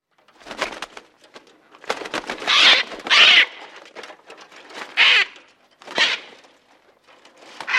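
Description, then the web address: Parrot calls, harsh squawking bursts in irregular series, several loud screeches around the middle and end, with softer scratchy chatter between them. Parrot with a broken wing that cannot fly up into the air. "papuga ze zlamanym skrzydlem nie moze wzbic sie w powietrze"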